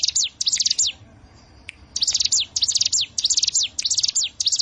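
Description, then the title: Bar-winged prinia song: rapid bursts of high, thin descending chirps in tight clusters, with a short pause after the first second before the phrases resume. "Ciblek Sawah"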